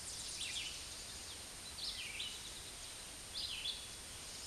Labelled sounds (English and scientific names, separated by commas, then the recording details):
Red-eyed Vireo (Vireo olivaceus) song
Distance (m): 25 m
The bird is about 10 m above the microphone
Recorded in a Pennsylvania forest on 16 May 2024 at 06:35
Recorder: AudioMoth, point MSD-0398
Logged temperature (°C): 16.4 °C
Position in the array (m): 157 m, 68 m